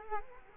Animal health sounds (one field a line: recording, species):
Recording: mosquito wingbeat signal from an infrared sensor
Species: Culex quinquefasciatus